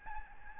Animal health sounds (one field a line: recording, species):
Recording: mosquito wingbeat signal from an infrared sensor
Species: Aedes albopictus